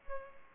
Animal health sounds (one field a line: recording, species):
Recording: mosquito wingbeat signal from an infrared sensor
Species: Culex pipiens